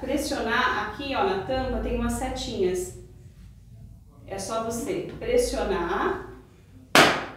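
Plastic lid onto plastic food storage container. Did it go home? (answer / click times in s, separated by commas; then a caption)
yes / 7.0 s. A plastic lid is pressed down at its arrow marks onto a plastic popcorn-keeper food storage container while someone talks. A sharp click sounds at 6.9 seconds as the lid snaps shut, closed and sealed.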